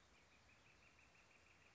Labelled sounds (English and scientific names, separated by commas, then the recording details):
Northern Flicker (Colaptes auratus)
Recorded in Sonoma County, California